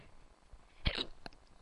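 A single abrupt hiccup from an adult: a sudden low thump with a sharp gulping catch of breath, followed moments later by a faint click. A hiccup is an involuntary spasm of the diaphragm that snaps the vocal cords shut.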